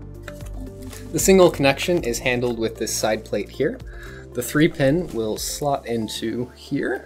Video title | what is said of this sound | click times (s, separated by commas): Servo Control in ArduPilot (Dispenser Mod Kit) | then can lock into place with this tab here | 0.3 s